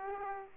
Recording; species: mosquito wingbeat signal from an infrared sensor; Aedes aegypti